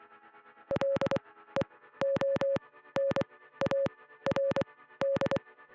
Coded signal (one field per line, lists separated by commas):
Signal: Morse code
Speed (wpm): 24 wpm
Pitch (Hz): 550 Hz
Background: music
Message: LEONARD